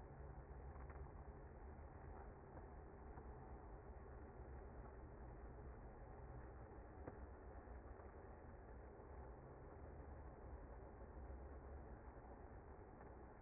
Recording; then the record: honeybee colony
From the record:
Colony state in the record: active